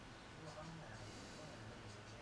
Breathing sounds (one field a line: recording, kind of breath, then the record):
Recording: one breath in and out by a microphone near the nose and mouth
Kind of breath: normal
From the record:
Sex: male